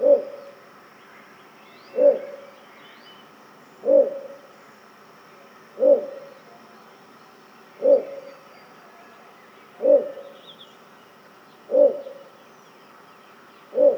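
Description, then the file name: Little bittern repeating a low, gruff single bark, eight notes at regular two-second intervals. "torpegem hangja - torpegem - Ixobrychus minutus"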